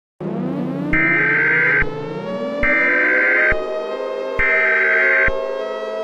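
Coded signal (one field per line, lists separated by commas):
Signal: Emergency Alert System (SAME) tones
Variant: header bursts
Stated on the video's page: Remastered fictional EAS scenario.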